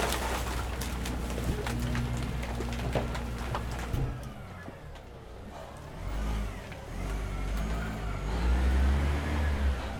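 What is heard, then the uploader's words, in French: A garbage truck works, its deep engine rumble running throughout. The first four seconds are busy with rattling and sharp knocks, then things ease briefly before the engine revs up and down, ending loudest with a heavy low drone. Camion poubelle. Lors d'une sortie aux alentours du collège, Kassoum Florian et Nadia ont enregistré les sons de la ville.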